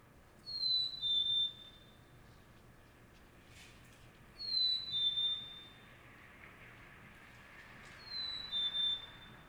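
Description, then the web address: Bird whistled call: clear high two-note whistle, the second note slightly lower and longer, repeated about every four seconds over faint low background rumble. Single bird calling in early morning, suburban city ambience, Montreal, Canada, with distant traffic passing by. "Nature in the City AMB SUBURB Solo Bird Call, Early Morning, Distant Traffic Passbys, Montreal, Canada"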